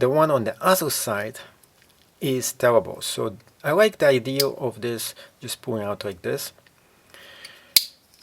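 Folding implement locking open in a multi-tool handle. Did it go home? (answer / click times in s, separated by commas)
yes / 7.8 s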